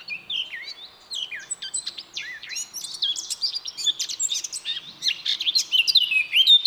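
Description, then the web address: Eurasian blackcap song, a fast scratchy warble of varied chirps that builds into louder, clearer fluted whistles near the end. "SETE Sylvia atricapilla"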